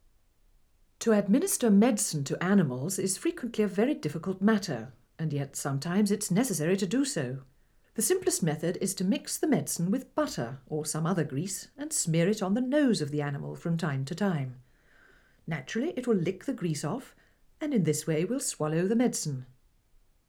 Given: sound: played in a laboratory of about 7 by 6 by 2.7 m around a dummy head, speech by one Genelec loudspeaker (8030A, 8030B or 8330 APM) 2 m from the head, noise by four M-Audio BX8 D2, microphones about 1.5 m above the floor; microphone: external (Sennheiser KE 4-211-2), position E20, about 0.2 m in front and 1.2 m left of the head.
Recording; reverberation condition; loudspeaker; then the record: female speech in English; low; 90 degrees to the left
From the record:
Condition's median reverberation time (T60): about 310 ms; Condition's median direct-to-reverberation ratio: about 3.5 dB